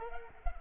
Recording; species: mosquito wingbeat signal from an infrared sensor; Culex pipiens